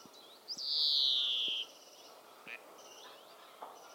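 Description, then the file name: European greenfinch giving a single drawn-out wheezy, buzzy call that slides gently downward over about one second, with faint chirps and ticks in the background. "Chloris chloris"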